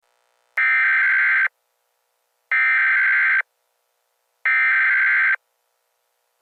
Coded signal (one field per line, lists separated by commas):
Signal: Emergency Alert System (SAME) tones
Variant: header bursts